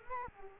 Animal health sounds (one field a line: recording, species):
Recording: mosquito wingbeat signal from an infrared sensor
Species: Culex quinquefasciatus